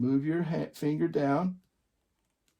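A Hold-Taut side clamp on a longarm quilting machine rail is being handled after an earlier push at the other end failed to snap it in. Someone talks for the first 1.6 seconds, then it goes nearly silent except for a very faint tick at 2.5 seconds. The clamp has not seated or snapped into place yet.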